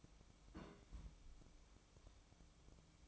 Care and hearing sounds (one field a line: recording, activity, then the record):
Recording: daily activity, microphone in the room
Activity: place on stove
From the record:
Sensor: 1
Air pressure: 1008.0 hPa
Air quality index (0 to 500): 131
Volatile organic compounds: 2 ppm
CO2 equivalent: 1102 ppm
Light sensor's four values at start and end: 8/18/7/8 and 8/18/7/8